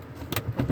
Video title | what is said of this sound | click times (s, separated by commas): 2017 Northern Lite 8'11 Q Classic SE Luxury Truck Camper @ Camp-Out RV in Stratford | Then you push it open, it'll click. | 0.4 s